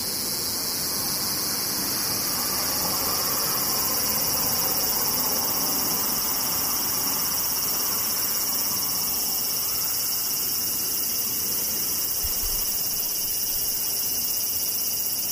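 Cicadas drone without pause, a dense, bright shrill buzz holding level for the whole fifteen seconds with no rise or fall. Underneath runs a soft, rough low rumble, and a short dull thump sounds once at about twelve seconds.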